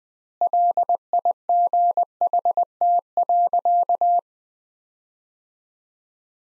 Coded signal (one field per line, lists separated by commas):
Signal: Morse code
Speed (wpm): 20 wpm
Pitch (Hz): 700 Hz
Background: none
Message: LIGHT.